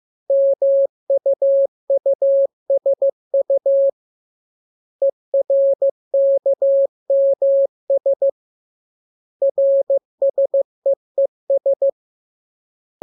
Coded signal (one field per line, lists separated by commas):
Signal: Morse code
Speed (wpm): 15 wpm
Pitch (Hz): 550 Hz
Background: none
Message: MUUSU ERKMS RSEES